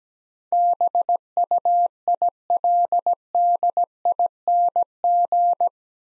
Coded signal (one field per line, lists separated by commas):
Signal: Morse code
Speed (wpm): 17 wpm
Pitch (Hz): 700 Hz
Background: none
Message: BUILDING